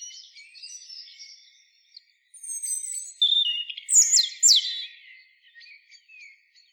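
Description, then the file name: European robin song: thin, high sustained notes leading into a few loud, sharply descending notes, then soft trailing twitters. "Erithacus rubecula"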